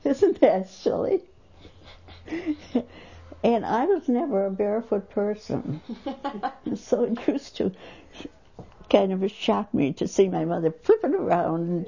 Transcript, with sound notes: Isn't that silly? And I was never a barefoot person. (laughs) So I wasn't used to, it kind of shocked me to see my mother puttering around.